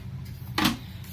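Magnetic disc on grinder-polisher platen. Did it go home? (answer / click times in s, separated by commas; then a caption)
yes / 0.6 s. A magnetic disc resting on a cork ring and three O-rings is spun by hand on a grinding and polishing wheel platen until it falls into its seat. Over a low steady hum, one sharp, brighter hit rings out at 0.6 s. That hit is the disc dropping into place, and it is now seated.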